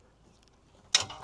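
The folding arm of a Cravot Cyberrack E2 Plus hitch-mounted bike rack is lowered back into its locked position. After quiet handling noise and a faint tick, the arm latches with a loud, sharp metallic click at 0.9 s that briefly rings out, and the arm is seated.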